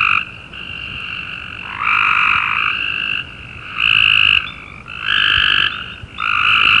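Cope's gray treefrog buzzy trills overlapping in a dense chorus, bursts of about a second repeating with brief gaps between louder callers.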